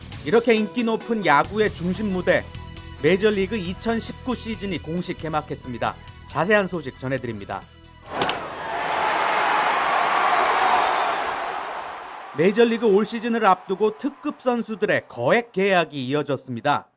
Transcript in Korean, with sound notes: 이렇게 인기 높은 야구의 중심 무대, 메이저리그 2019 시즌이 공식 개막했습니다. 자세한 소식 전해드립니다. [녹취: 야구경기 현장음] 메이저리그 올 시즌을 앞두고 특급 선수들의 거액 계약이 이어졌습니다.